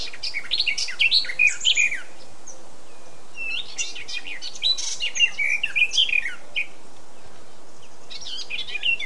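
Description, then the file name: Eurasian blackcap singing bouts of quick varied warbling notes and fluty slurs, separated by short pauses. "Sylvia atricapilla"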